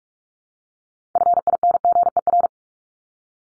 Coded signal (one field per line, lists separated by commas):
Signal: Morse code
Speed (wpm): 44 wpm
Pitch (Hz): 700 Hz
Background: none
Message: FINGER